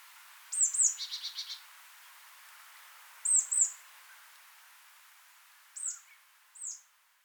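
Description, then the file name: Marsh tit call: paired sharp high notes with a rapid buzzy series after the first pair, then further single and paired downslurred notes spaced a few seconds apart. "Poecile palustris"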